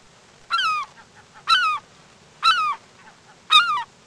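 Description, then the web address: Bird giving loud, harsh honks with a downward slur, four evenly spaced calls about one second apart over a quiet background. "Peterson North American Birds. haoc"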